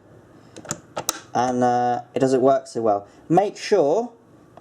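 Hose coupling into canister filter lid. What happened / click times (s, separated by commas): The plastic coupling is handled but not clearly seated / none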